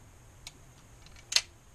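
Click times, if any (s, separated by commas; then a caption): none. The metal selector mechanism of a Rock-Ola 1428/1426/1424/1422 jukebox is cycled up toward the top, where its indexing mechanism should lock into the selector unit. A light tick sounds near 0.5 s, faint ticks follow around 1.1–1.2 s, and a sharper metallic clack comes at about 1.4 s over a low steady hum. The mechanism fails to lock in this time, so nothing has seated or clicked into place yet.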